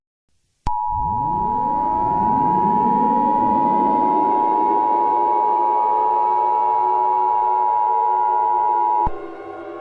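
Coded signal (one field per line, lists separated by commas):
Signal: Emergency Alert System (SAME) tones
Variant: 853 and 960 Hz attention tone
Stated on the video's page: Fictional EAS scenario with simulated SAME alert tones.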